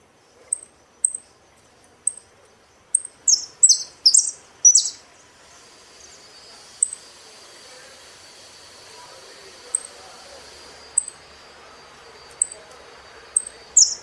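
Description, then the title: Saffron finch song: thin high chips lead into a short burst of loud buzzy notes, followed by sparse chips over faint background hiss. "Jilguero Argentino"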